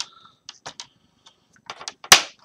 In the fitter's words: and pull out like that you'll hear some snapping sounds but